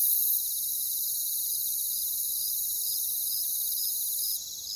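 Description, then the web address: Crickets chirping in a shrill continuous chorus, with one voice pulsing above the steady high hiss, before the sound drops near the end. "WLL Grade 1-12 Pre-Uni Library Natures Songs Sleep Sounds of Nature CRICKETS Crickets"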